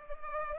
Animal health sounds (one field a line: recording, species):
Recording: mosquito wingbeat signal from an infrared sensor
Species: Culex pipiens